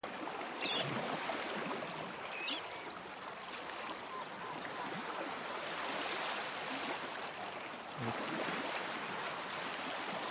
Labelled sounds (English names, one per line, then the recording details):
Red Knot call
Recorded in the wild
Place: Kloster, Insel Hiddensee, Mecklenburg-Vorpommern, DE
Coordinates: 54.5783, 13.1022
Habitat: sea coast
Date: 2012-09-11
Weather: 15°C, cloudy, almost windless
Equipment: Sound Devices 702, Sennheiser MKH 415 T, Rhode Windschutz
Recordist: Frommolt, Karl-Heinz